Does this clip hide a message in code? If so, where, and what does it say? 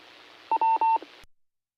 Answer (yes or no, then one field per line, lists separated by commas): no